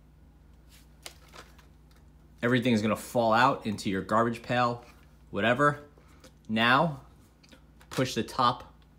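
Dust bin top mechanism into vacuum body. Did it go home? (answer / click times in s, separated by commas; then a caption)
no / none. Someone talks while handling the plastic dust bin of a Dyson V7 vacuum, with a few faint, brief taps and knocks between the words. The top of the bin is about to be pushed straight down into the vacuum body, but nothing has seated or clicked yet.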